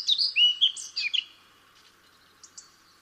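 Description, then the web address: Eurasian blackcap song phrase, just over a second of quick slurred whistles, then two faint short notes. "SETE data Sylvia atricapilla"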